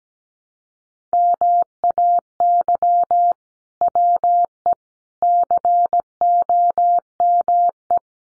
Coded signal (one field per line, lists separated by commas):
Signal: Morse code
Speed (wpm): 17 wpm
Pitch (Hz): 700 Hz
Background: none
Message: MAY WE COME